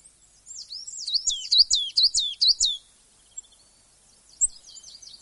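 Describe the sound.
Coal tit song: one run of quick, high, repeated phrases, then a faint, softer series afterwards.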